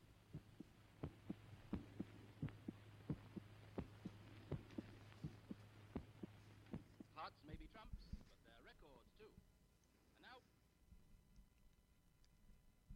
Actual heart sounds for purposes of diagnosis and future reference. The patients are actually listening to the echoes of their own hearts.